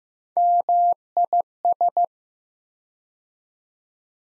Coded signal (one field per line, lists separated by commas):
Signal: Morse code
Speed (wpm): 15 wpm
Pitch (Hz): 700 Hz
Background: none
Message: MIS